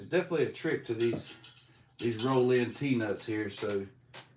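A roll-in T-nut is being handled at the slot of an aluminium extrusion on a Voron Trident 3D printer frame, where it needs to find the sweet spot to roll in and snap into place. Someone talks throughout, with a short pause in the middle. Nothing has seated or clicked yet.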